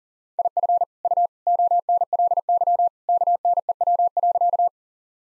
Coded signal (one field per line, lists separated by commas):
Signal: Morse code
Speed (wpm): 37 wpm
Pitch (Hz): 700 Hz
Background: none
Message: IF U ONLY KNEW.